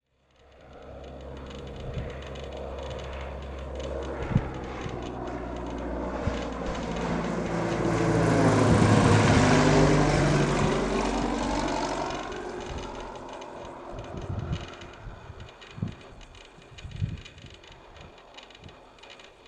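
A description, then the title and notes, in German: An aircraft landing at Porta Westfalica: a low propeller drone swells, passes loudest around nine seconds with its pitch sliding downward, then eases off. In the last seconds, scattered thumps and knocks sound over the fading engine. Das Reiseflugzeug unseres Clubs, eine Piper PA28-181 "Archer III", bei der Landung in Porta Westfalica.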